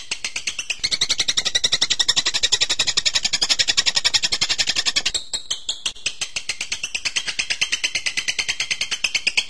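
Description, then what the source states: Bird song: continuous fast chattering trill, a brief stuttering break after five seconds, then steady rapid high notes again. Birdsong training (masteran) recording.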